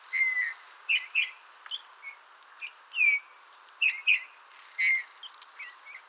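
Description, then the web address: Eurasian bullfinch calls: gentle descending piping whistles mixed with short chirps. "SETE Pyrrhula pyrrhula"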